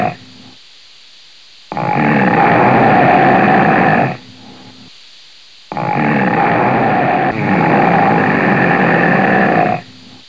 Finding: Snore.